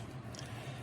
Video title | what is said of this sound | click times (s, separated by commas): How to Install LED Factory Mart Jeep LED Halo Headlights & Fog Lights On Wrangler JK? | if you listen you'll hear this thing click into the thing | 0.3 s, 0.4 s